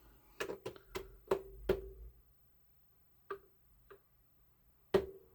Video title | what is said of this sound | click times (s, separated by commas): I'm giving this free GE clock radio/cassette recorder the Scotty treatment! | Hear that click? There we go. | 4.9 s